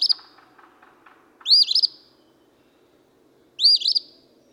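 Eastern phoebe delivering its raspy two-part song three times, the first cut off at the start, with a brief series of soft ticking notes after it.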